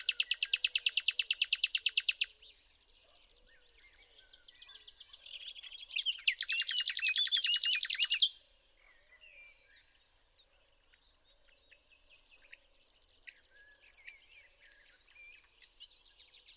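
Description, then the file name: Common nightingale singing a rapid rattling trill, a quiet gap, a second fast trill with twisting notes, then spaced whistled notes. "Luscinia megarhynchos"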